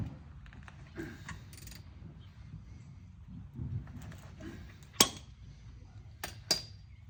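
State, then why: Torque reached. A torque wrench set to 37 lb tightens a metal oil drain plug into a car's oil pan, with quiet rustling and a few faint ticks before a sharp, loud click at 5.0 s as the setting is reached. Two more sharp ticks follow at about 6.2 and 6.5 s, and the plug is torqued to the set value.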